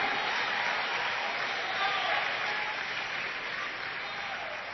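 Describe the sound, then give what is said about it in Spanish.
An audience applauds God steadily, a dense, sustained wash of clapping hands that holds at an even level throughout with no pauses. “¿Cuánto le dan un aplauso a ese Dios maravilloso?”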